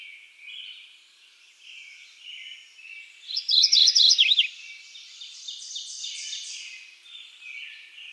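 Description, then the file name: Mourning Warbler delivers one brisk phrase of repeated high chirping doublets ending lower, over soft background noise. "Geothlypis philadelphia - Mourning Warbler"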